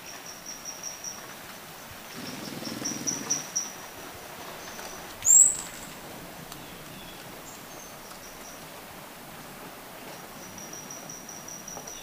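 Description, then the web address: Orange-breasted Fruiteater giving a single very high, thin, upslurred whistle midway through, over a steady high insect-like hiss and a soft low rustle earlier. Recorded in Ecuador. "Birds of Ecuador. Orange-breasted Fruiteater"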